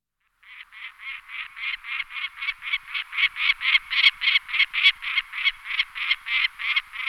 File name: Raroh jizni Falco biarmicus